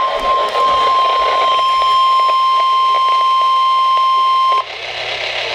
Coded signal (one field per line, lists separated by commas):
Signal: Emergency Alert System (SAME) tones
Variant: 1050 Hz attention tone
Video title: 2 Same Severe T-Storm Warnings (EAS #1,171-1,172)